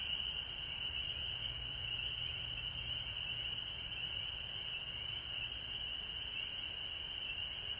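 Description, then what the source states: Frogs calling together in an unbroken high-pitched trill, with a thin steady whine above. Recorded at home in Georgia on March 19, 2020.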